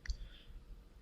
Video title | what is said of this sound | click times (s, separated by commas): Samsung Galaxy Screen Digitizer replacement! DIY EASY!! | so I click it and then comes | 0.1 s